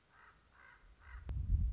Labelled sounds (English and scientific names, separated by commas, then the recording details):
Common Raven (Corvus corax)
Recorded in Sonoma County, California